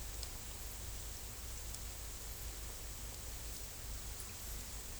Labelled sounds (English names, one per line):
none